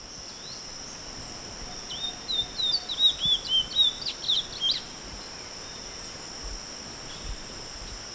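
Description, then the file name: Chestnut-bellied seed finch singing a brief burst of quick, clear whistled notes over a constant high insect buzz. Recorded 28 May 2011. "20110528"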